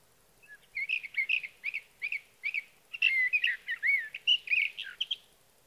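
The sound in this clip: Sage thrasher song: short spaced warbled phrases building into a rapid, continuous jumble of whistled and slurred notes lasting several seconds.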